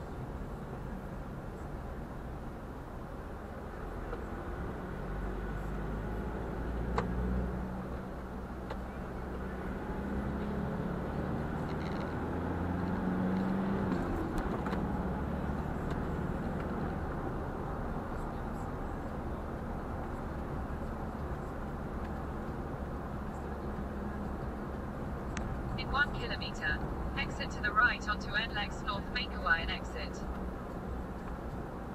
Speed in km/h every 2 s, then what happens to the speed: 36, 33, 34, 40, 44, 51, 57, 70, 77, 78, 78, 73, 72, 70, 67, 64.
0-5 steady at about 34. 5-17 speeds up to 78. 20-32 slows to 64.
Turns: none.